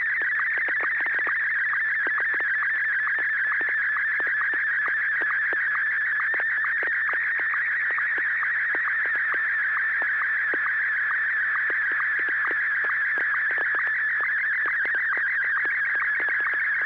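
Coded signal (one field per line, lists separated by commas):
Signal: SSTV (slow-scan television)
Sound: warbling, buzzing tone sweeping rapidly in pitch, with rhythmic short lower ticks throughout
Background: FM radio hiss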